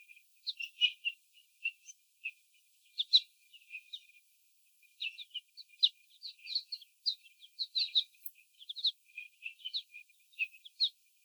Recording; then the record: young laying hens in a cage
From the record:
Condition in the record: before the stressor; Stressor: sudden umbrella opening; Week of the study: 3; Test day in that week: 2